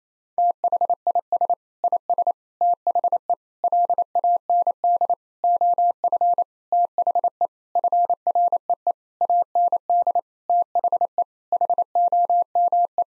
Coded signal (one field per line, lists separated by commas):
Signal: Morse code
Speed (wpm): 27 wpm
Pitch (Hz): 700 Hz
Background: none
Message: THIS IS THE LAND OF THE FREE AND THE HOME